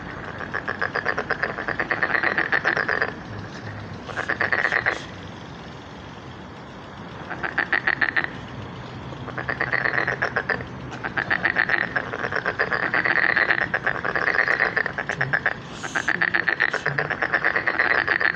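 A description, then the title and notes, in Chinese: Frogs call from a pond on a spring evening in fast, rattling bursts of clicking croaks, each lasting one to two seconds, with short pauses between. The calls are bright and densely pulsed, nearly continuous through the second half. A low rumble sits underneath throughout. 春日晚塘蛙鸣。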